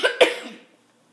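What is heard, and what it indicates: Two quick, harsh cough bursts about 0.15 seconds apart, each sharp onset fading into a breathy tail, then silence. A short hacking cough in an adult woman suffering from the flu, with a croaky voice and a massively sore throat.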